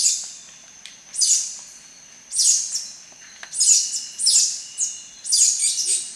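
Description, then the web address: Ochre-breasted Tanager calling in short bursts of high, harsh chattering notes, roughly one burst a second with brief quiet gaps between. Recorded in Ecuador. "Natures Songs S America Birds of Ecuador Ochre-breasted Tanager"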